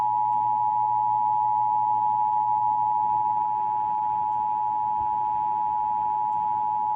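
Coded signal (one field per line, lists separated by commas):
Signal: Emergency Alert System (SAME) tones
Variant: 853 and 960 Hz attention tone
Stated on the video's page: Emergency Alert System tones from Texas' required monthly test, aired on local radio and TV stations.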